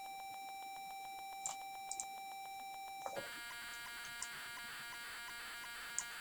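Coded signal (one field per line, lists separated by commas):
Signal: computer data on cassette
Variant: Amstrad CPC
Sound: steady two-tone hum with rhythmic ticks, then a harsh buzzing data screech begins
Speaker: what I'll do is I'll speed this up in a second, but I thought you'd like to hear some of those classic tape loading noises.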